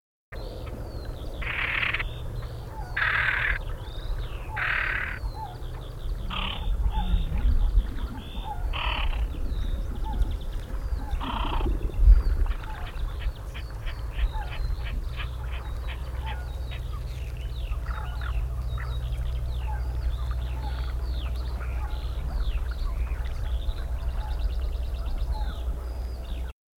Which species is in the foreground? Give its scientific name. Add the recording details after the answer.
Podiceps cristatus. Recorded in the wild. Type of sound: call. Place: Gingst, Insel Rügen, Mecklenburg-Vorpommern, DE. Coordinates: 54.534, 13.303. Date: 1977-04-09. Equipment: Nagra III BH, Sennheiser MD 21, parabola. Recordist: Schubert, Michael. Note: Haubentaucher